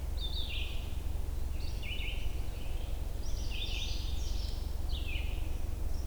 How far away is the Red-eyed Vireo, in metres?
about 45 m